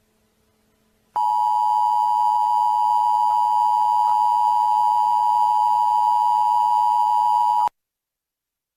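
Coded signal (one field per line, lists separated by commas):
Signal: Emergency Alert System (SAME) tones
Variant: 853 and 960 Hz attention tone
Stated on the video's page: Prank EAS alert using valid EAS tones.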